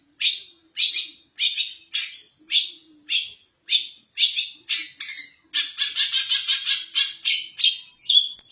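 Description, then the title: Long-tailed shrike song of loud, harsh rasping notes spaced about half a second apart, speeding into fast scratchy chatter and ending with a few squeaky whistles. Masteran recording used for training cage songbirds, featuring various birds' chirping sounds. "cendet"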